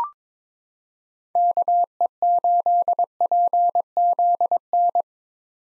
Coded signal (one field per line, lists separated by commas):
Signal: Morse code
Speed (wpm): 22 wpm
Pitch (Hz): 700 Hz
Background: none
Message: KE8PZN